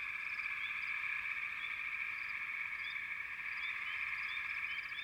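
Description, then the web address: Frog chorus of constant shrill trilling, with quick rising notes popping out irregularly from individual callers. "Nature Sounds Sounds of Nature Collection 28 Frog Chourus"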